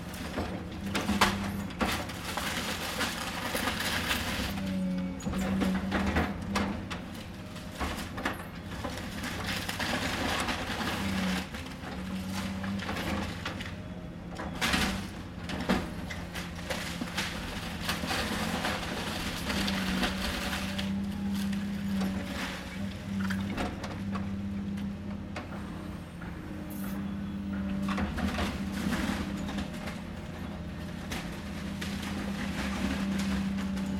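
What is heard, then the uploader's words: A large excavator works at demolishing a small old house. A steady low engine drone with a persistent hum runs throughout, broken by frequent sharp knocks, cracks and scraping bursts, with heavier impacts around 1, 5, 15 and 27 seconds. The tiny old house immediately to our North was demolished by a large excavator.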